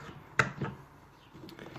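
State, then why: Seated. The plastic lid of a kitchen food processor is fitted onto its bowl and clips on at 0.4 s with a sharp, bright snap. A softer knock follows around 0.6 s, then quiet handling noise. The lid is seated.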